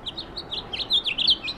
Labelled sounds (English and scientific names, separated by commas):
House Finch (Haemorhous mexicanus) song